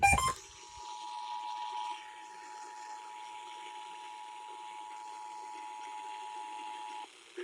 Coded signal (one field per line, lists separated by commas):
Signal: Emergency Alert System (SAME) tones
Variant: 853 and 960 Hz attention tone